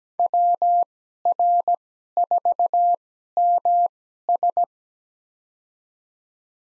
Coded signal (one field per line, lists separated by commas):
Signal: Morse code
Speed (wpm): 17 wpm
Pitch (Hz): 700 Hz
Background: none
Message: WR4MS